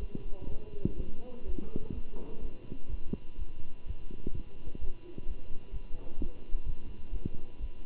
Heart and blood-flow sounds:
heart sounds by stethoscope; between the tricuspid and mitral areas; 126 bpm
0.47 s: heartbeat
0.96 s: heartbeat
1.44 s: heartbeat
1.93 s: heartbeat
2.41 s: heartbeat
2.89 s: heartbeat
3.37 s: heartbeat
3.85 s: heartbeat
4.33 s: heartbeat
4.79 s: heartbeat
5.26 s: heartbeat
5.72 s: heartbeat
6.19 s: heartbeat
6.65 s: heartbeat
7.12 s: heartbeat
7.59 s: heartbeat
From the record:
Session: Bruce protocol treadmill stress test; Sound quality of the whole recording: good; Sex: male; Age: 23 years

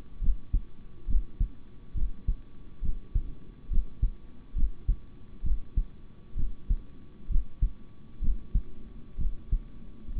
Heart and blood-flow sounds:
heart sounds by stethoscope; between the tricuspid and mitral areas; 66 bpm
0.20 s: heartbeat
1.07 s: heartbeat
1.94 s: heartbeat
2.81 s: heartbeat
3.69 s: heartbeat
4.55 s: heartbeat
5.43 s: heartbeat
6.36 s: heartbeat
7.28 s: heartbeat
8.20 s: heartbeat
9.17 s: heartbeat
10.14 s: heartbeat
From the record:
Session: rest, sitting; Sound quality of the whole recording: good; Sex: male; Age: 26 years

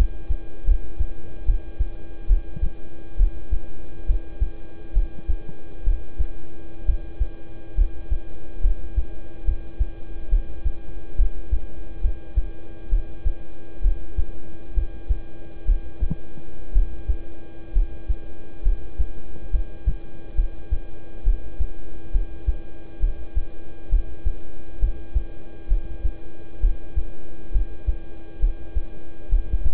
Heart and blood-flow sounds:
heart sounds by stethoscope; between the tricuspid and mitral areas; 67 bpm
0.65 s: heartbeat
1.45 s: heartbeat
2.27 s: heartbeat
3.17 s: heartbeat
4.06 s: heartbeat
4.93 s: heartbeat
5.84 s: heartbeat
6.85 s: heartbeat
7.75 s: heartbeat
8.61 s: heartbeat
9.44 s: heartbeat
10.29 s: heartbeat
11.16 s: heartbeat
12.01 s: heartbeat
12.89 s: heartbeat
13.82 s: heartbeat
14.74 s: heartbeat
15.65 s: heartbeat
16.72 s: heartbeat
17.73 s: heartbeat
18.63 s: heartbeat
19.51 s: heartbeat
20.35 s: heartbeat
21.23 s: heartbeat
22.11 s: heartbeat
23.00 s: heartbeat
23.89 s: heartbeat
24.79 s: heartbeat
25.68 s: heartbeat
26.60 s: heartbeat
27.52 s: heartbeat
28.40 s: heartbeat
29.29 s: heartbeat
From the record:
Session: rest, lying down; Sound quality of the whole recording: good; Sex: male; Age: 26 years

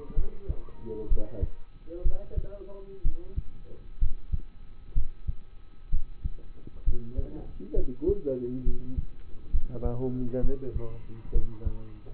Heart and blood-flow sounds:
heart sounds by stethoscope; between the tricuspid and mitral areas; 64 bpm
0.14 s: heartbeat
1.08 s: heartbeat
2.02 s: heartbeat
3.02 s: heartbeat
3.99 s: heartbeat
4.93 s: heartbeat
5.90 s: heartbeat
6.84 s: heartbeat
7.74 s: heartbeat
8.63 s: heartbeat
9.51 s: heartbeat
10.41 s: heartbeat
11.32 s: heartbeat
From the record:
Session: rest, lying down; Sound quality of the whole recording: partially saturated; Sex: male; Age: 27 years

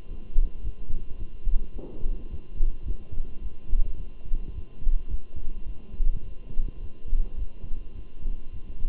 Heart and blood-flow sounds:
heart sounds by stethoscope; between the tricuspid and mitral areas; 107 bpm
0.07 s: heartbeat
0.62 s: heartbeat
1.17 s: heartbeat
1.72 s: heartbeat
2.28 s: heartbeat
2.84 s: heartbeat
3.40 s: heartbeat
3.96 s: heartbeat
4.53 s: heartbeat
5.08 s: heartbeat
5.65 s: heartbeat
6.22 s: heartbeat
6.79 s: heartbeat
7.36 s: heartbeat
7.94 s: heartbeat
8.51 s: heartbeat
From the record:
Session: walking at 3.7 km/h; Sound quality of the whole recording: good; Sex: male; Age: 23 years

